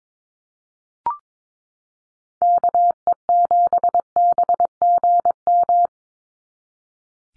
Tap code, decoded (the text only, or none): none